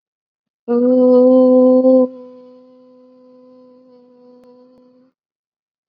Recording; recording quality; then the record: sustained vowel as in boot; excellent, no background noise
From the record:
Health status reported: COVID-19 positive, moderate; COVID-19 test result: positive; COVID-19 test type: rapid antigen test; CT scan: not taken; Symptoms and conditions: cough, fever, fatigue, muscle pain, another condition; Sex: female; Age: 19 years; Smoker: no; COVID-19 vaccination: one dose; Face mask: worn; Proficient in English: no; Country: India